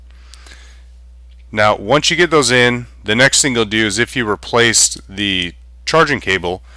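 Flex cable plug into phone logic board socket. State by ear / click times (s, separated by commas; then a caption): seated / 0.3 s. During iPhone 4S reassembly, a flex cable plug is lined up and pushed down into its socket on the phone's logic board until it locks into place. A faint tick at 0.1 s is followed by a sharp click at 0.3 s as the plug seats, and then someone talks.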